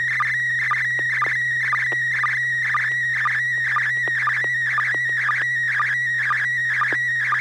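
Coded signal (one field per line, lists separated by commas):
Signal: SSTV (slow-scan television)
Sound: warbling tone near 2 kHz with short low blips about twice a second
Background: steady low hum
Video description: The River City ARCS SSTV Net is held Wednesday evenings at 9:00 PM Pacific Time on the N6NA FM repeater on 441.300 MHz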